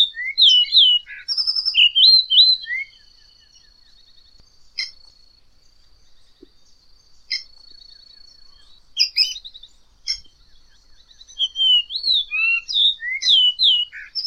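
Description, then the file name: Blue rock thrush singing rich, rolling warbled phrases at the start and again near the end, with a quiet gap of sharp clicks and a constant high whine between. "canto do melro azul"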